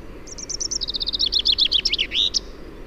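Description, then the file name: Common chaffinch song phrase: a series of crisp repeated high notes, then downward-sweeping notes, closing with an emphatic twisting end note. "Fringilla coelebs"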